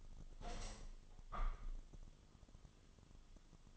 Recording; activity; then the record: daily activity, microphone in the room; open window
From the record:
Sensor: 4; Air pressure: 1005.5 hPa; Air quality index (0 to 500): 100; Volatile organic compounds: 2 ppm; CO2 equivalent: 1229 ppm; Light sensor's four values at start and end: 13/29/11/11 and 13/29/12/11